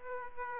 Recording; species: mosquito wingbeat signal from an infrared sensor; Aedes aegypti